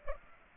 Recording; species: mosquito wingbeat signal from an infrared sensor; Aedes aegypti